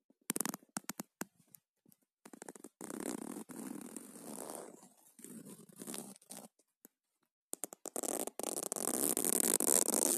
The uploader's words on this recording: ASMR - Zipper sounds.